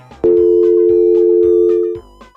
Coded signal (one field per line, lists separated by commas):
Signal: telephone call progress tone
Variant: North America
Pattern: dial tone